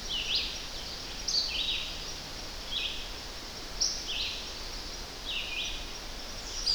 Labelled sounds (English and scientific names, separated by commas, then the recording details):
Red-eyed Vireo (Vireo olivaceus) song
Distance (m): 35 m
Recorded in boreal forest in Alberta, Canada, on 10 June 2016 at 06:52
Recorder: SongMeter 3, array SBT-3-39
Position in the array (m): 200 m, 125 m